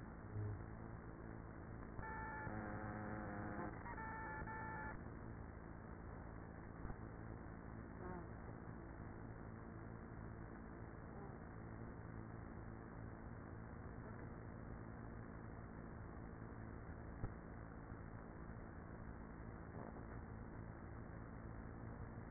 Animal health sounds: honeybee colony, microphone inside the hive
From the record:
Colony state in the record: queenless with a low population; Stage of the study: after two queens were removed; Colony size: about 30,000 bees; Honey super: no

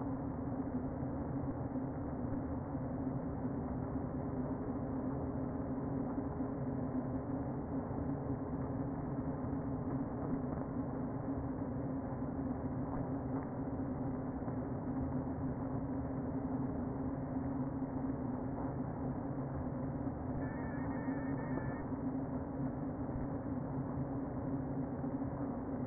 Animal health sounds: honeybee colony, microphone inside the hive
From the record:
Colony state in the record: queen present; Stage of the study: before two queens were removed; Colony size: about 60,000 bees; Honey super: yes

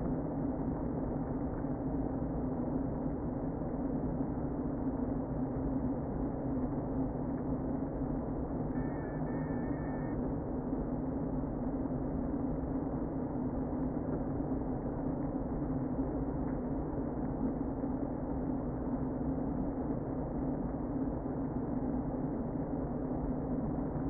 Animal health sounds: honeybee colony, microphone inside the hive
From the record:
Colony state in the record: queen present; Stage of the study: before two queens were removed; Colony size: about 60,000 bees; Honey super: yes

